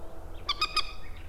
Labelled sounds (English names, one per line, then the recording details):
Common Nightingale
Common Moorhen
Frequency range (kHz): Common Nightingale 1.6-5.3 kHz; Common Moorhen 0.3-13.6 kHz
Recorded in France